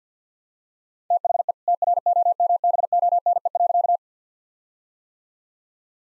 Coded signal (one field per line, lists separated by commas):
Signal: Morse code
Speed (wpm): 50 wpm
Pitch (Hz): 700 Hz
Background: none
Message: THE TROMBONE.